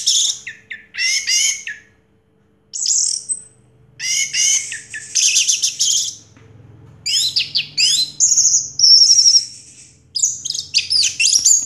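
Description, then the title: Orange-headed thrush song: dense bursts of high, scratchy warbling and twittering broken by brief silences, with a clear sustained whistle in the middle. Played to prompt a silent orange-headed thrush to start singing. "Anis Merah Macet.. Pancing Dengan Suara Ini.. # Anis Merah"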